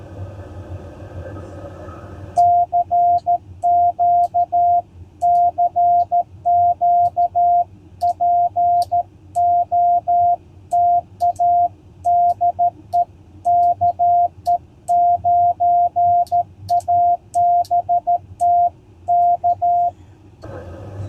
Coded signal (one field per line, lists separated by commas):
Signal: Morse code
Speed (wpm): 13 wpm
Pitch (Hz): 700 Hz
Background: none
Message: CQ CQ POTA DE KE9ABT K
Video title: Successful CW POTA Activation at Ft Harrison State Park!